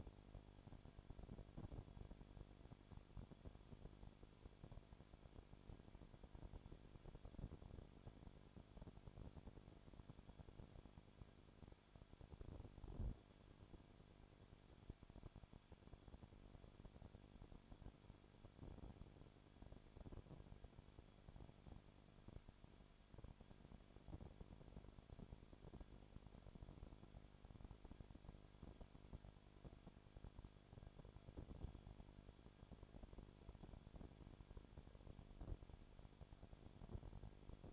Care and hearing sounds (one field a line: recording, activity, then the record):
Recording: daily activity, microphone in the room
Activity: no activity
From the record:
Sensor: 5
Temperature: 20.2 degrees Celsius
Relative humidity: 36.4%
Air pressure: 1001.2 hPa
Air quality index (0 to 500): 177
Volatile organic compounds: 4 ppm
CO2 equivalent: 1611 ppm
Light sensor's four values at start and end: 2/3/1/1 and 2/3/1/1